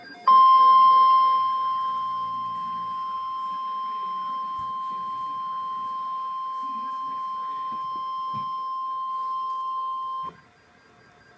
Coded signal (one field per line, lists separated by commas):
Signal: Emergency Alert System (SAME) tones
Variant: 1050 Hz attention tone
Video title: {EAS FIRST} {DOUBLE HEADER} EAS #129-130 - MY FIRST Lake Effect Snow Warnings 11-22-2013